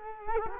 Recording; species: mosquito wingbeat signal from an infrared sensor; Culex quinquefasciatus